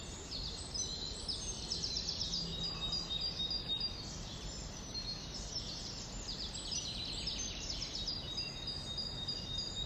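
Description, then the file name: Busy high bird twittering, several short chirps crowding together, with a constant broad background hiss underneath. "Vogelgezwitscher"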